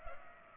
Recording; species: mosquito wingbeat signal from an infrared sensor; Culex pipiens